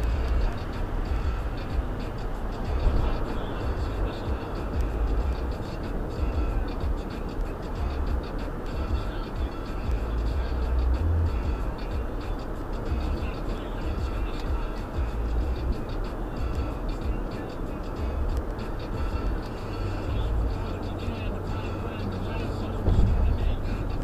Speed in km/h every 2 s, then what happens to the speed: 89, 89, 85, 85, 85, 84, 84, 82, 81, 82, 84, 89.
0-15 steady at about 85. 15-24 speeds up to 89.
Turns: none.